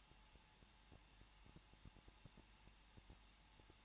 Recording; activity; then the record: daily activity, microphone in the room; no activity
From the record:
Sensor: 1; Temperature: 20.0 degrees Celsius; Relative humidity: 39.5%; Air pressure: 1006.4 hPa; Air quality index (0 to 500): 220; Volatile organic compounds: 83 ppm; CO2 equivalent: 3635 ppm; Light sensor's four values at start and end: 1/2/1/1 and 1/2/1/1